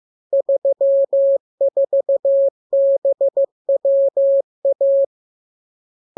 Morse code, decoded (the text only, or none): 34BWA